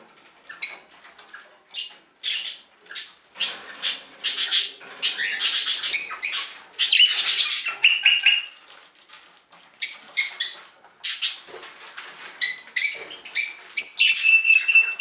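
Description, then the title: Budgerigar chatter, rapid scratchy warbling mixed with high clicks and squeaky chirps, nearly continuous with a few brief pauses. "Budgie Sounds"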